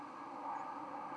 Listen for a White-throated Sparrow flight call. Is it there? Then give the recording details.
no. Another species' flight call is heard. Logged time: 01:00 on 31 October 2014